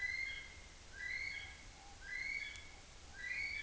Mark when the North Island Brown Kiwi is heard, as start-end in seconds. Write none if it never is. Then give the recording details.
0.00-3.62. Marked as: faintness 1/5. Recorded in New Zealand on 29 April 2013. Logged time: 02:19